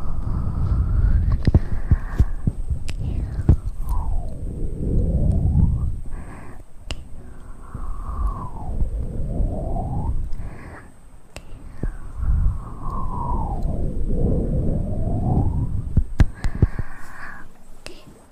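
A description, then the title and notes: Mouth sounds with low rumbling and throaty noise, shaped into repeated sweeping tones that slide down and back up, each lasting a few seconds. Sharp clicks and pops cut in throughout, with a brief quieter pause around eleven seconds. ASMR Best Mouth Sounds.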